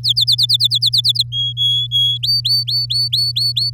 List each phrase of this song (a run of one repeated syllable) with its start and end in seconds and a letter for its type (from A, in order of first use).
0.03-1.23 A, 1.32-2.18 B, 2.23-3.70 C